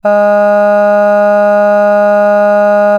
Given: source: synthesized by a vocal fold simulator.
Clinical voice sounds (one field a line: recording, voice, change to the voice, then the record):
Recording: sustained vowel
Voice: female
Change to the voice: none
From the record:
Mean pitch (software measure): 206 Hz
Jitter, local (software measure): 0.18%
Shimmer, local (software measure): 1.5%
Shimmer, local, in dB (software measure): 0.13 dB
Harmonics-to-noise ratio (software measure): 31.6 dB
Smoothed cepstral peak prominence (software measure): 18.9 dB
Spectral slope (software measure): -21.9 dB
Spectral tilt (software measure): -8.6 dB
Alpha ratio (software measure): -12.4 dB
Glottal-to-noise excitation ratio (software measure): 0.975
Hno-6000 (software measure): 2.5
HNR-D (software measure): 40.2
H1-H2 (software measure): 9.5 dB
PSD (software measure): 1.7e-05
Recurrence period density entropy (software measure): 0.132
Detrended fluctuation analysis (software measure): 0.0274